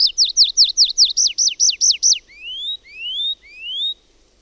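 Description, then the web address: Tree pipit song: a rapid run of about eleven sharp, repeated downslurred notes, ending in three drawn-out, rising slurs. "OMAT AANITYKSET METSAKIRVINEN"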